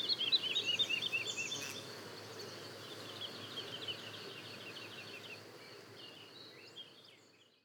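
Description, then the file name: Woodlark singing a quick run of high liquid notes, then softer repeated phrases fading into steady background hiss. Daytime song and duet, recorded at Le Puech, France. "alouette lulu chant de jour et duett Le Puech F"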